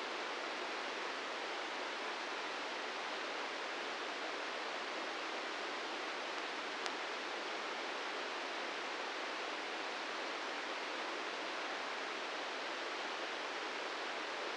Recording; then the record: brain microelectrode recording played as sound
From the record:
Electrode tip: inside the subthalamic nucleus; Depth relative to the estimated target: -4 mm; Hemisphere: left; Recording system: NeuroSet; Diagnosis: Parkinson's disease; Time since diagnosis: 13 years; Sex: male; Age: 66 years